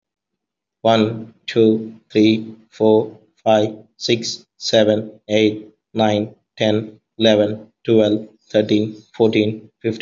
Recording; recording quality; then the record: counting at a normal pace; excellent, no background noise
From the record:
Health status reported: healthy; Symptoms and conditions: none ticked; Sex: male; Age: 32 years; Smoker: not ticked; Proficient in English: yes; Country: India